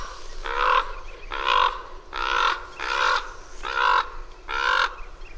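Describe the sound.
Bird repeating a loud harsh, nasal call six times, roughly once a second, in a steady rhythm.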